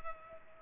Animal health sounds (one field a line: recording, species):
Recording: mosquito wingbeat signal from an infrared sensor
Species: Culex pipiens